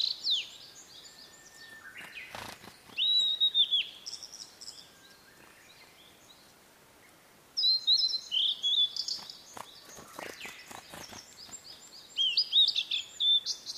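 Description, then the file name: Blue-and-white flycatcher song: several sweet whistled phrases separated by pauses, with a few rustling clicks. "oruri"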